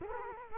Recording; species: mosquito wingbeat signal from an infrared sensor; Culex quinquefasciatus